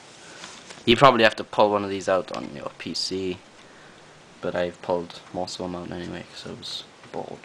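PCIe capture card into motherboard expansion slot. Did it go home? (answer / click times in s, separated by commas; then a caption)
no / none. A Hauppauge Colossus HD-PVR PCIe capture card is handled over a PCIe expansion slot on a PC motherboard while someone talks, with quiet gaps between phrases. The card has not yet been pushed home, and nothing has seated or clicked.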